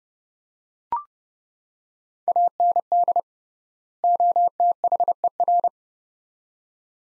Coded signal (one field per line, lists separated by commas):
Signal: Morse code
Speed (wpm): 32 wpm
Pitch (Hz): 700 Hz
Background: none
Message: AND OTHER